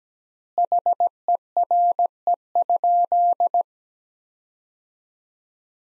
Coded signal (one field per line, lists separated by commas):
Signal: Morse code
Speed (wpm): 17 wpm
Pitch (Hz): 700 Hz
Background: none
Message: HERE?